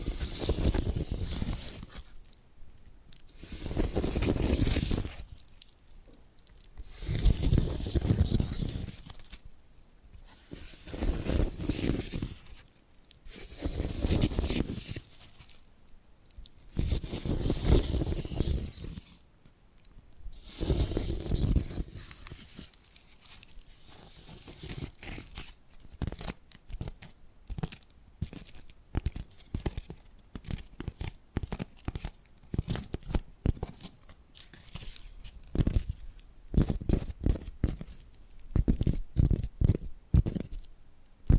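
Tapping and scratching: long rough scratching strokes in slow waves for twenty-five seconds, then quick, sharp, irregular taps and scrapes to the end.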